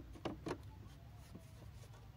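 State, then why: Not seated. After a battery change on a 2009 Chevrolet Equinox 3.4 liter, a plastic-housed electrical module is handled and slid so its holes engage the mounting tabs beside the car battery. Two brief sharp handling knocks at about 0.3 and 0.5 seconds stand out over a steady low hum. Nothing has seated or clicked into place yet.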